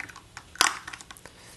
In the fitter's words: this clips in locks in place